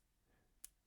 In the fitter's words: as you can see loud audible clicks and the ratcheting mechanism allows you to deploy it fully